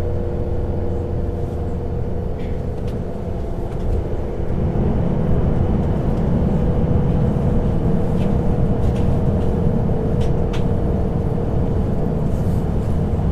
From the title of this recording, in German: Zugfahrt in der Nacht